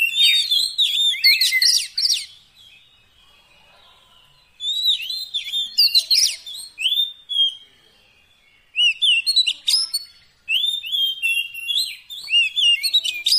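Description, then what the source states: Oriental magpie-robin song in repeated bursts of fast, varied whistles and buzzy chirps, broken by short silences. Magpie-robin 'isian' fill-in song, used to make a kept bird sing actively day and night.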